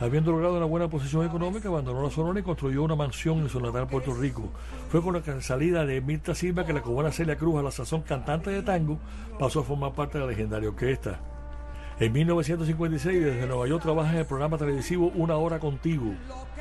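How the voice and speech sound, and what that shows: A man narrates fluently in Spanish at a steady pace with clear voicing over a faint low hum; typical speech.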